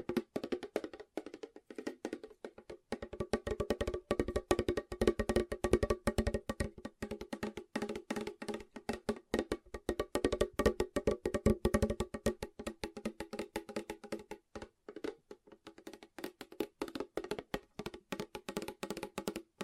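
Rapid fingertip tapping runs through the whole twenty seconds in dense, uneven bursts, each tap a sharp click with a faint ringing, hollow tone beneath. The tapping is thickest from about three to twelve seconds, thins briefly near fourteen, then picks back up.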